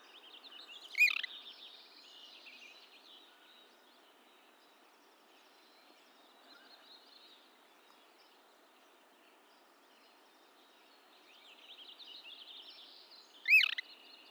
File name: olive sided flycatcher